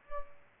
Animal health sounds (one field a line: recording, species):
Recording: mosquito wingbeat signal from an infrared sensor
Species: Aedes aegypti